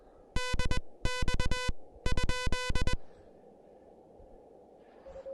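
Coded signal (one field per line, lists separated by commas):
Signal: Morse code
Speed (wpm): 20 wpm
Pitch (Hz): 2000 Hz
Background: music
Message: DX ?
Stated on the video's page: SOTA activation on a summit using the Elecraft KH1 handheld QRP transceiver.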